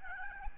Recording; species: mosquito wingbeat signal from an infrared sensor; Aedes albopictus